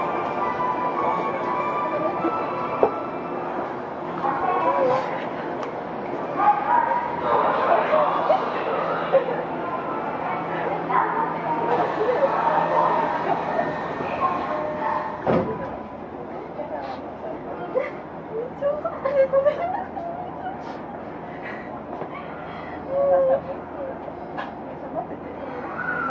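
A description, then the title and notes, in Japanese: A Tokyo Metro 05 series train runs with a steady low hum, mid-pitched whine and rumble, murmured voices, and a sharp click around fifteen seconds. 東京メトロ05系（ワイドドア車） 中野〜西船橋。快速運用を録音しました。今回はICレコーダー（Panasonic PR–XS460）を使いました。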